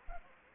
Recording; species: mosquito wingbeat signal from an infrared sensor; Anopheles gambiae